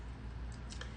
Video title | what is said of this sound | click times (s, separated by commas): Michael O'Connor Live with Carroll's Jewelers | The hidden clasp is really miraculous because all you need to do is you press that and it will click into place. | 0.7 s, 0.8 s